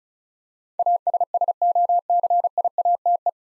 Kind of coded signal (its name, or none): Morse code